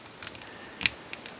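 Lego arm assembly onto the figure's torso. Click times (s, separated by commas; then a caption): 0.9 s. The second arm assembly of a mini Lego TLK Megatron figure is pushed onto its mounting spot on the other side of the plastic torso, then rotated down. After a light tick at 0.3 s, a sharp snap at 0.9 s marks the arm popping into place, followed by two faint ticks at 1.1 s and 1.3 s. The arm is seated.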